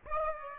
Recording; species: mosquito wingbeat signal from an infrared sensor; Aedes aegypti